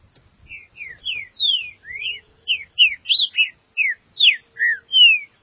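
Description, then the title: Green-winged Saltator song: a quick run of loud, clear slurred whistles, some rising and some falling, delivered in a bright, varied phrase lasting about five seconds. "Trinca Ferro"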